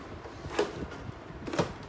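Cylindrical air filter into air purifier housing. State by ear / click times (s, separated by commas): seated / 0.6 s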